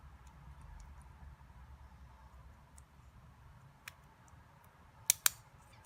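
A plastic cover piece of a mini racing drone kit is pushed onto its mating piece on the drone frame over a quiet low background, with a faint tick near 3.9 s. Two sharp clicks ring out at 5.1 s and 5.3 s as the piece snaps firmly into place, fully seated.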